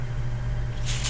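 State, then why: Not seated. A buffer spring and buffer are handled at the mouth of a rifle's buffer tube, ready to be pushed in until the spring-loaded retainer pin catches and holds them. Over a steady low hum and faint hiss, a brief, soft high-pitched scrape is heard near the end, around 0.9 to 1.1 seconds. Nothing has seated or clicked yet.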